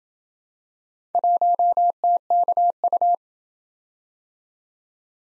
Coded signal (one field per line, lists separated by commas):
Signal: Morse code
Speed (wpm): 27 wpm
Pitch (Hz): 700 Hz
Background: none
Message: 1TKU